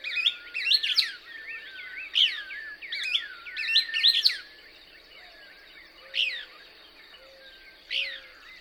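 Couch's Kingbird calling, quick clusters of rising and falling twittered notes early on, then a few single sharp sweeping notes spaced well apart.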